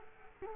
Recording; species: mosquito wingbeat signal from an infrared sensor; Culex quinquefasciatus